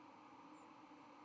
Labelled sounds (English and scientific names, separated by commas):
White-throated Sparrow (Zonotrichia albicollis) flight call